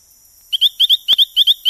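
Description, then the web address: Zaparo's poison frog calling: short, high, upward-sweeping chirps given in quick pairs, the pairs repeating in quick succession, with a single sharp click and a steady high hiss behind. Recorded in the Ecuadorian Amazon, South America. "Natures Songs. Frogs of Ecuadorian Amazon Epipedobates zaparo"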